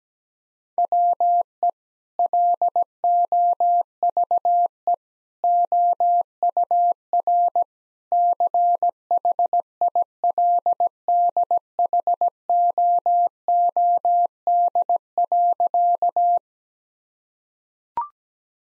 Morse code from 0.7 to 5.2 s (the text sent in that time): WE LOVE